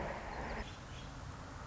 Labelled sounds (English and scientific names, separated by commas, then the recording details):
Song Sparrow (Melospiza melodia)
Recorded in Sonoma County, California